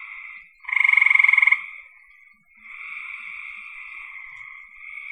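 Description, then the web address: Frog calls: a loud pulsed rattling croak near the first second, among steady softer buzzy trills. "cn frogs"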